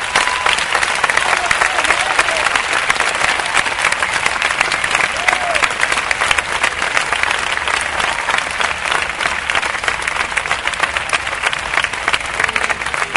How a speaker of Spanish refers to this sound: Un fuerte aplauso, por favor, para Carlos y Ladislao.